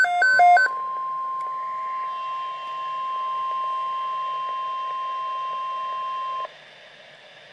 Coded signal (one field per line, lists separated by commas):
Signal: Emergency Alert System (SAME) tones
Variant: 1050 Hz attention tone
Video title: REAL EAS 794-Severe thunderstorm watch